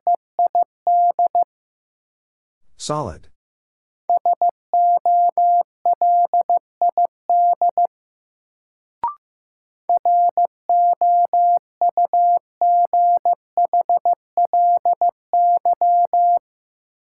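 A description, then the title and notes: A word is sent in Morse code as a single steady mid-pitched beep, keyed in quick dots and dashes. The beeping comes in three runs separated by pauses; a brief rushing swish near three seconds and a sharp click near nine fill the gaps. Sentences from Top 1500 Words - New Word Drill - 15wpm. First, the word is sent in Morse code.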